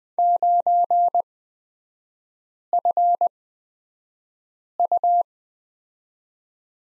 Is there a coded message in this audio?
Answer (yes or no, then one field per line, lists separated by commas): yes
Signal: Morse code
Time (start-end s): 0.2-5.2 s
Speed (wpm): 20 wpm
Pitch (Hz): 700 Hz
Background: none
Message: 9FU